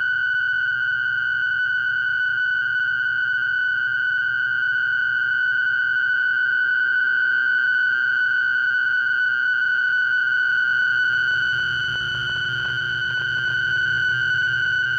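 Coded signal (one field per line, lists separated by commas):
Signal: fast PSK data mode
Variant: PSKR mode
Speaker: now until the end of today's program i will be using the pskr modes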